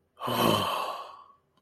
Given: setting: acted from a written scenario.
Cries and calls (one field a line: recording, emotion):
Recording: vocal sound without words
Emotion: awe